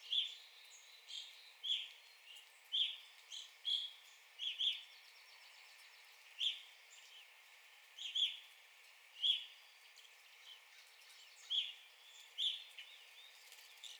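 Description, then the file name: Evening grosbeak calls: many short, clear, high chirps at uneven intervals, once in a quick pair. Recorded on 9 April 2021. "2021-04-09 Evening Grosbeak"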